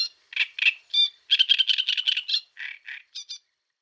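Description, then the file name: Great reed warbler song: gruff, croaking notes, then a fast burst of rasping syllables, ending in lower churrs and two thin high notes. "Rousserolle turdoide"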